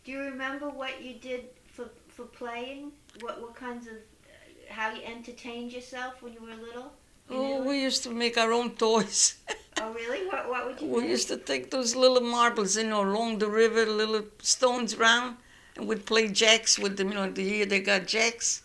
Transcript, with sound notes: you remember what you did for playing, what kinds of, how you entertained yourself when you were little, in Italy?
Oh, we used to make our own toys. ( she laughs )
Oh, really? What would you...
We used to take those little marbles in along the river, little stones around, and we'd play jacks with them, you know, here they got jacks?